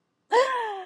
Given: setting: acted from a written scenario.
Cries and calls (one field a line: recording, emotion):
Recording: vocal sound without words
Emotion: elation